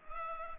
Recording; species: mosquito wingbeat signal from an infrared sensor; Culex pipiens